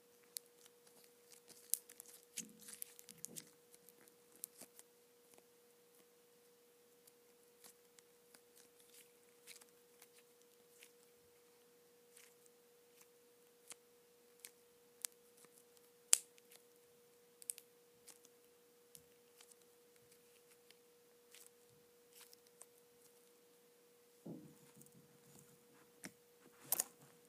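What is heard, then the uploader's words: Soft putty is handled, with sparse small clicks and sticky pops scattered through the clip and brief, low, squishy presses near the start and again around 24 seconds. A thin, steady tone hums underneath the whole time. ASMR Soft Putty.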